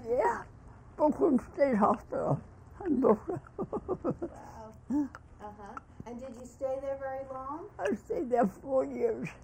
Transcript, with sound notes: Yeah, Brooklyn State Hospital in Brooklyn. [laughs]
Wow, uh-huh. And did you stay there very long?
I stayed there four years.